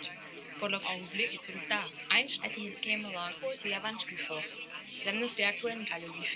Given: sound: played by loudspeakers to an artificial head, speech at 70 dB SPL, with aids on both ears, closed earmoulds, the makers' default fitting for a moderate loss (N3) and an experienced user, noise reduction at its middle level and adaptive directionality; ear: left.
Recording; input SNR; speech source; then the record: speech test signal (ISTS) in cocktail-party noise; 0 dB; in front (0 degrees)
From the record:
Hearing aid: class 2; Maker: I